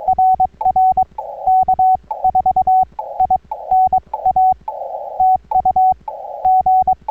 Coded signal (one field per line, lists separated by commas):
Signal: Morse code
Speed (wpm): 22 wpm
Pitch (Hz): 750 Hz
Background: none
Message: RR K4INA TU G